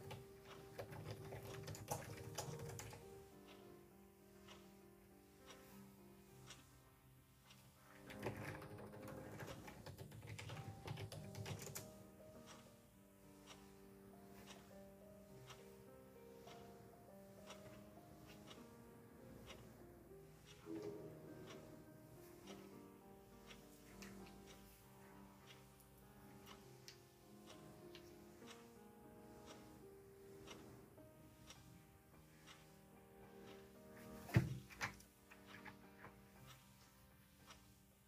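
A soft lofi instrumental plays, its sustained notes and a mellow low bass holding steady for most of the 38 seconds. Faint regular clicks, like a ticking clock or keyboard, run through it, with heavier low swells near 1–3 and 8–12 seconds and a sharp knock around 34 seconds.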